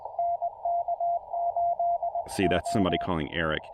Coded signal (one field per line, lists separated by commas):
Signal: Morse code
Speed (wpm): 20 wpm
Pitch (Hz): 690 Hz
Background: speech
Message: NK8O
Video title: A morning QRP POTA activation at New River State Park